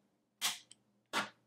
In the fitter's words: you hear a pop that's it that's how you do the installation on the rivets